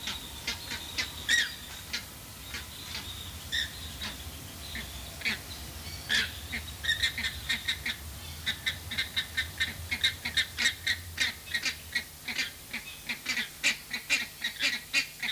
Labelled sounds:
James's Flamingo call

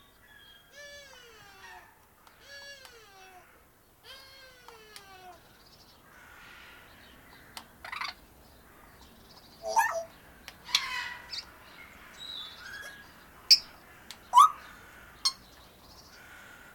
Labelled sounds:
Grey Parrot call

